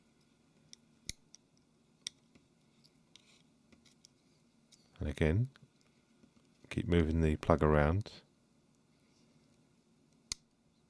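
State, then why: Seated. An antenna flex cable plug is worked around on its socket on a phone board with a series of small faint ticks and scrapes, while someone talks briefly in the middle. At 10.3 s the plug snaps into the socket with a loud, sharp click, seating it in place.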